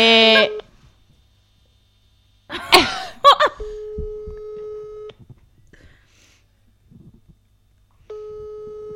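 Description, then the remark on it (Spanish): A telephone line tone sounds in long, steady, mid-pitched beeps separated by quiet gaps, the call ringing unanswered; a short burst of vocal noise and faint rustling briefly interrupts early on. “Oye, a ver, que tengo llamadas muy guays si no me vais a coger el teléfono, cabrones.”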